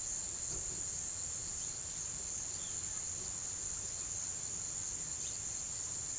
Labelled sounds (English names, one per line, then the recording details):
none
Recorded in pastures near Puerto Asís, Putumayo, Colombia, on 21 March 2025 at 17:00
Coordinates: 0.487, -76.322
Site G077